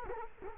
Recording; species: mosquito wingbeat signal from an infrared sensor; Culex quinquefasciatus